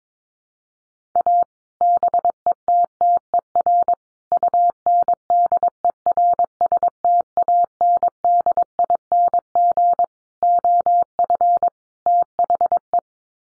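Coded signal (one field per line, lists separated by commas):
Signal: Morse code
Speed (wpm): 22 wpm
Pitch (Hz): 700 Hz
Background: none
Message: A BETTER UNDERSTANDING OF THE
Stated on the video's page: Morse head-copy drill of common five-word groups at 22 wpm, each set sent in code, spoken, then resent.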